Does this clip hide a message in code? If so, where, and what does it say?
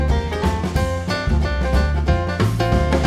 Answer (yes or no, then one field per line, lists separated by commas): no